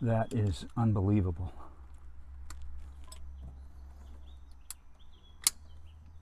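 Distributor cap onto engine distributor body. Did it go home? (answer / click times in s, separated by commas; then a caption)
yes / 4.7 s, 5.5 s. Someone talks, then the distributor cap on a 1950 Chevy engine is pressed back onto the distributor body after the points were checked. Its spring clips snap home with two sharp hits at 4.7 and 5.5 seconds, and the cap is seated.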